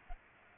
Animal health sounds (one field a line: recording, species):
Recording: mosquito wingbeat signal from an infrared sensor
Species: Culex pipiens